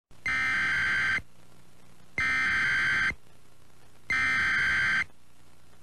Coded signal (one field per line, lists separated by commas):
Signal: Emergency Alert System (SAME) tones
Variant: header bursts